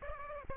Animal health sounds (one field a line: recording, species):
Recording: mosquito wingbeat signal from an infrared sensor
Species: Aedes aegypti